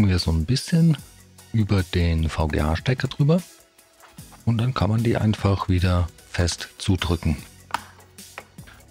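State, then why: Seated. Someone talks while the plastic bottom cover of a Dell Latitude 14 3400 laptop is worked over the VGA connector and pressed firmly back onto the chassis. Its clips snap in with sharp clicks at 7.7 s and 8.4 s, and the cover is seated.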